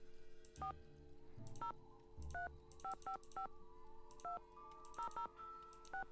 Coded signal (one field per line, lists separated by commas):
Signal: DTMF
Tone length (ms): 110 ms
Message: 4035552006